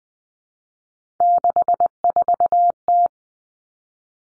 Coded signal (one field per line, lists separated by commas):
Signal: Morse code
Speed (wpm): 20 wpm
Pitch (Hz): 700 Hz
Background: none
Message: 64T